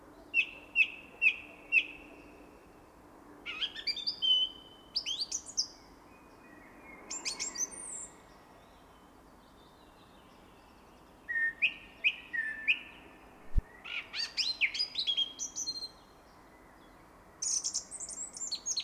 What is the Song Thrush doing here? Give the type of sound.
song